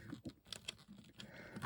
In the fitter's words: and we will click these in. They do click into place.